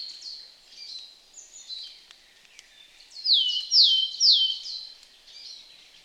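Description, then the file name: Willow tit delivering a run of three loud down-slurred whistles, preceded by softer, blurred notes of the same kind. "Matkop"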